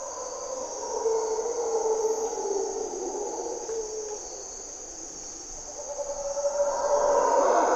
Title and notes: Mantled Howler Monkeys in Corcovado morning twilight. Monos Congos, or Mantled Howler Monkeys, waking the jungle in Costa Rica's Parque Nacional Corcovado